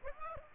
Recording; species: mosquito wingbeat signal from an infrared sensor; Aedes aegypti